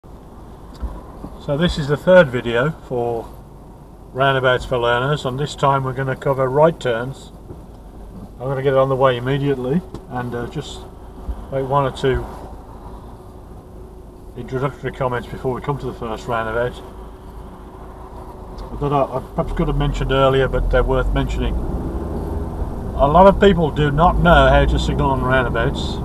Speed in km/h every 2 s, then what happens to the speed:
0, 0, 0, 0, 0, 0, 0, 0, 0, 0, 5, 21, 26.
0-19 standing. 19-26 pulls away to 26.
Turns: none.